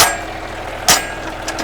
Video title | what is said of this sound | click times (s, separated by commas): How to remove or install your front end loader..Green Paint Version | locks into place same thing on the other side boom | 0.9 s, 1.5 s